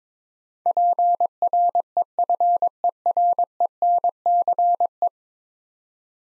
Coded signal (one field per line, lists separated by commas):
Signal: Morse code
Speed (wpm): 22 wpm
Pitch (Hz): 700 Hz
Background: none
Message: PREFERENCE